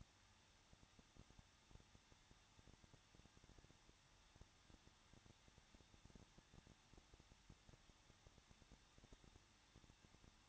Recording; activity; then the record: daily activity, microphone in the room; no activity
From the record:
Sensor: 3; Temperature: 21.2 degrees Celsius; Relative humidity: 36.3%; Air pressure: 1006.3 hPa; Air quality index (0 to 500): 222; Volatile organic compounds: 41 ppm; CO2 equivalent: 3166 ppm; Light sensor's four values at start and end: 2/3/2/2 and 2/3/2/2